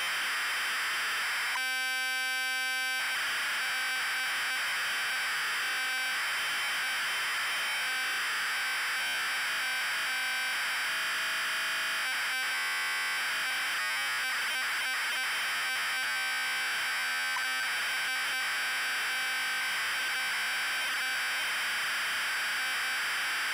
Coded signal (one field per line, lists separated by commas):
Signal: ZX Spectrum tape loading